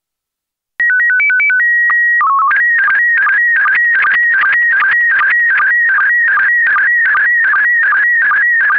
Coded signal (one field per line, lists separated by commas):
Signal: SSTV (slow-scan television)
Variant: PD 50